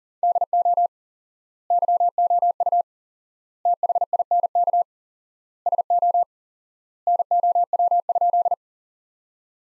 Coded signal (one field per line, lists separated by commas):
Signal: Morse code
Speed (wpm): 37 wpm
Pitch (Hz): 700 Hz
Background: none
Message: DO YOU THINK SO NOW?